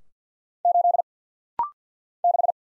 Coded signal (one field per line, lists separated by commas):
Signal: Morse code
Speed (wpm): 49 wpm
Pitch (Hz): 700 Hz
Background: none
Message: 8 6